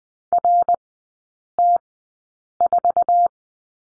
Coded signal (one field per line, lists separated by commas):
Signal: Morse code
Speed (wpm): 20 wpm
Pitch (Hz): 700 Hz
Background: none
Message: RT4